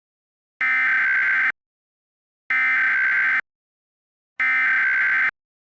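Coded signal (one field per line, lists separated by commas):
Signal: Emergency Alert System (SAME) tones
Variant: header bursts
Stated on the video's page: Fictional, remastered EAS scenario about a second civil war.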